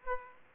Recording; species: mosquito wingbeat signal from an infrared sensor; Aedes aegypti